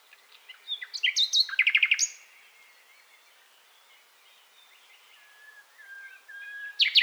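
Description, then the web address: Common nightingale song: a powerful fast rattling phrase of repeated notes, then quiet soft whistles and a loud burst at the end. "SETE Luscinia megarhynchos"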